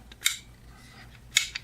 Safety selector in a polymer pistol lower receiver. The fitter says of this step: but it does click into place like it's supposed to.